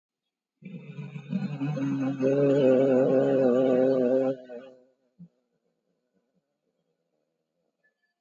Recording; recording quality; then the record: sustained vowel as in made; moderate, slight background noise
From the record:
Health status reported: COVID-19 positive, mild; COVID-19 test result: positive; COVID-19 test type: RT-PCR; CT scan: taken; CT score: 7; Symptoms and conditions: cough, cold, breathing difficulty, hypertension, diabetes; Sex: male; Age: 68 years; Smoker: no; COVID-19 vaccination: one dose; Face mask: worn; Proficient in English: yes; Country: India